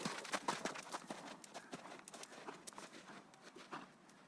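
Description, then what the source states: Horse galloping: rapid, irregular muffled hoof impacts, roughly three per second, continuing throughout and easing slightly toward the end. Horses galloping outside in sand.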